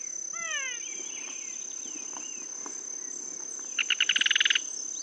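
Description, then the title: Yellow-chinned spinetail song, a short fast pulsed rattle near the end, after a series of descending whistled notes, with a constant high insect drone. Subspecies Certhiaxis cinnamomeus russeolus, assumed from the recording location. "LuckyPassaro Completos2Sama. Yellow-chinned Spinetail (Certhiaxis cinnamomeus russeolus (ssp assumed from location))"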